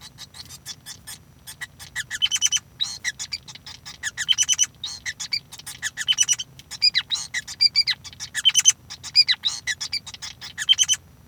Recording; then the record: song of a male Bengalese finch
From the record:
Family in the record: son of father 5